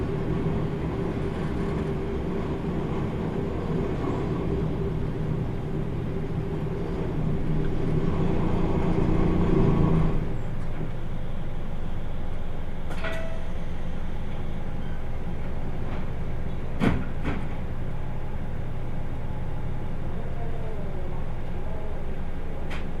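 Riding aboard the Kyushu Odan limited express train on the Hōhi Line from Kumamoto toward Tateno, a steady low rumble and hum of the engine and wheels fills the clip. The drone grows louder toward ten seconds, then eases. Sharp brief clanks punctuate it near thirteen and seventeen seconds.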